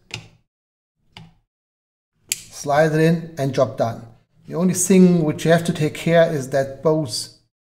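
A separate aluminium battery case is handled at a wireless microphone bodypack transmitter, with a few short, sharp handling ticks near 0.1 s, 1.2 s and 2.3 s before someone talks for the rest of the clip. Nothing has seated or clicked yet; the case is not yet home in the transmitter.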